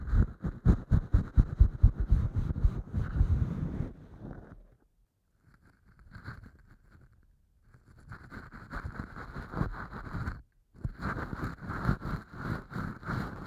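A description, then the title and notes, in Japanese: Ear cleaning with an ear pick: fast, dense scratching and rubbing over a low, muffled rumble. The scraping stops for a quiet stretch around five to eight seconds, returns, halts briefly near ten seconds, then continues steadily to the end. ASMR耳かき 圧力・低音強めの落ち着くサウンド…柔らかい音フェチ。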